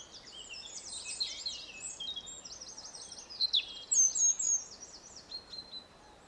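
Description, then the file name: European robin singing high, thin warbled phrases with quick rising and falling notes, tumbling fragments that grow briefly louder midway, over a soft steady background hiss. "Erithacus rubecula"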